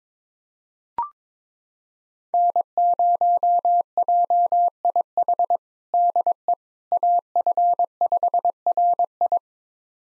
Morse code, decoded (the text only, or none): N0JIH DE AF5RI